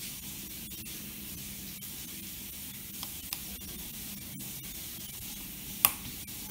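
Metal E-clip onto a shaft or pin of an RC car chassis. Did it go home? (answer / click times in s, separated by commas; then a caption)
yes / 5.9 s. A large metal E-clip is held in position on a shaft of a Hobao Hyper 7 TQ RC car chassis part and squeezed on with pliers. Over a steady hiss there are faint ticks at about 3.0 and 3.3 seconds. A sharp, loud snap at 5.9 seconds marks the clip seating in its groove.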